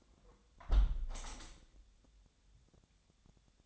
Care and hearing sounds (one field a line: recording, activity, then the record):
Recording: daily activity, microphone in the room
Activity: close window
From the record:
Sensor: 3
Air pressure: 1014.9 hPa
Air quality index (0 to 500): 68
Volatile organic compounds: 1 ppm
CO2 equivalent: 904 ppm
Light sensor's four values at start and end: 9/22/9/9 and 9/22/9/9